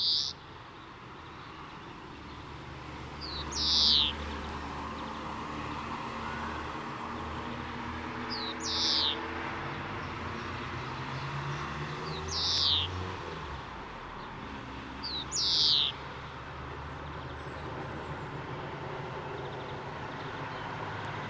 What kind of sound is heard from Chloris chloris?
song